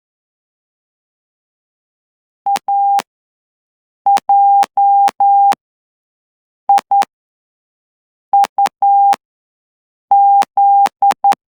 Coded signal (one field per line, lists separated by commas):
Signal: Morse code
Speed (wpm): 10 wpm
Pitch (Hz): 800 Hz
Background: none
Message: AJIUZ